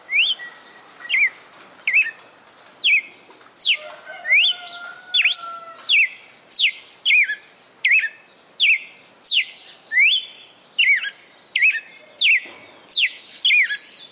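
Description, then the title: Red-cowled cardinal singing a long run of clear, slurred whistles, each note swooping quickly between high and lower pitch, delivered in a fast, fairly steady rhythm. Female bird singing, recorded in Fortaleza-CE. "Canto Galo Campina Fêmea. Galo de Campina "o canto perfeito" Fortaleza-CE"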